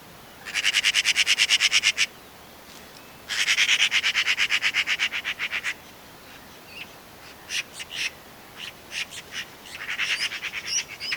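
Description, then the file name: Eurasian magpie chattering: two long, rapid, harsh rattles, each lasting about two seconds, followed by scattered shorter rasping notes and brief bursts. "Pica pica"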